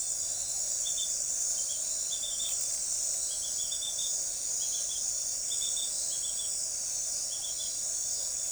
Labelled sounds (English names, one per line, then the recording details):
none
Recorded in forest near Pivijay, Magdalena, Colombia, on 5 June 2023 at 23:00
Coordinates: 10.467, -74.380
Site Z5-G034